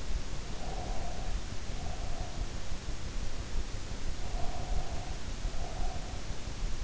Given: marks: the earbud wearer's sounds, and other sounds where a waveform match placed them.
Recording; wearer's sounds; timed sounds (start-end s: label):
sounds in sleep by an in-ear microphone; breath
0.46-2.44 s: breath
4.23-6.31 s: breath